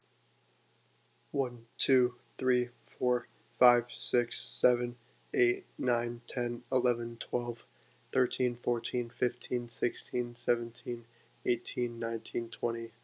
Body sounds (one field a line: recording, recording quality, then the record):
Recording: counting at a normal pace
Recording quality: excellent, no background noise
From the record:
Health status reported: COVID-19 positive, mild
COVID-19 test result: positive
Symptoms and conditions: cold, sore throat, fatigue, muscle pain, loss of smell and taste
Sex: male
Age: 20 years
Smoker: not ticked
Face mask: not worn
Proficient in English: yes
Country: United States